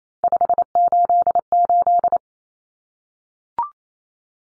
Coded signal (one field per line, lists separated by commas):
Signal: Morse code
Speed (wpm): 28 wpm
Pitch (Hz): 700 Hz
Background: none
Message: 588